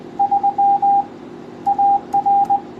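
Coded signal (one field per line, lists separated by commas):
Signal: Morse code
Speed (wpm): 20 wpm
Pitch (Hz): 800 Hz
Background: radio noise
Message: 3 AR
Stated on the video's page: Morse sent on a homemade DIY spoon keyer.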